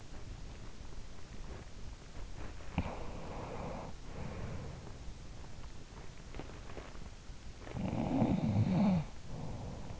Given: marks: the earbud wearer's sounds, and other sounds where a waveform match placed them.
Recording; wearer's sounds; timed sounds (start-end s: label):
sounds in sleep by an in-ear microphone; body movement
0.00-7.16 s: body movement
2.77-4.94 s: sound from someone else or the room
7.63-10.00 s: sound from someone else or the room